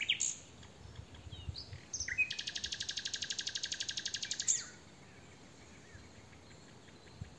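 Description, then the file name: Common nightingale song: brief high notes, then a fast, even, buzzy rattle of many repeated notes lasting over two seconds, then quiet background. "Luscinia megarhynchos"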